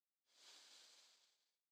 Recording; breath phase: one breath near a microphone; inhalation